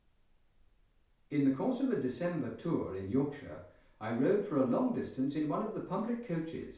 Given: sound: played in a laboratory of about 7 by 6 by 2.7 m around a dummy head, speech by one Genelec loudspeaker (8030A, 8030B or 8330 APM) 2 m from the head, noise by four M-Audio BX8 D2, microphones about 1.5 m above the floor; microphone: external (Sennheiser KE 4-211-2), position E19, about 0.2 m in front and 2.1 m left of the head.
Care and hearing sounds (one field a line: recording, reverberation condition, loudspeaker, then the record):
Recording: male speech in English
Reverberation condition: medium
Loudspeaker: 150 degrees to the right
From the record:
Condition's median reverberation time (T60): about 510 ms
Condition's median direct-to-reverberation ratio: about -0.5 dB